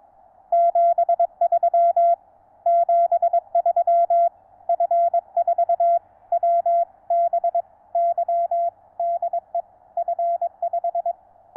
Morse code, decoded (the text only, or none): 73 73 F4WBY DE F5